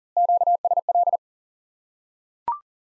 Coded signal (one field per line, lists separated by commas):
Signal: Morse code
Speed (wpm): 40 wpm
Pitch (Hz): 700 Hz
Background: none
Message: QSL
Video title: Course 3 - Lesson 51 - QRQ - Single Element Repeated